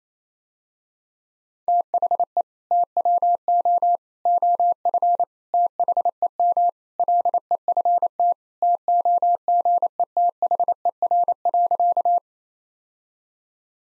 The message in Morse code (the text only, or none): THE TWO OF THEM LEFT TOGETHER.